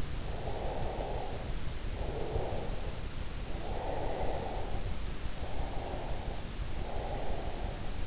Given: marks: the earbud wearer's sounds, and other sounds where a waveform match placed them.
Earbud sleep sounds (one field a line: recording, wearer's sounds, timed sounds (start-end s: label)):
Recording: sounds in sleep by an in-ear microphone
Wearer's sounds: breath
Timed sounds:
0.13-2.80 s: breath
3.34-6.44 s: breath
6.66-8.06 s: breath